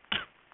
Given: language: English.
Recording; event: throat vibration sensor signal played as sound; cough